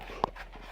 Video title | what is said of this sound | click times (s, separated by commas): Ep. 260: Volantex Ranger 1600 Unboxing | and this just goes in place here, and it just snaps right on. | 0.2 s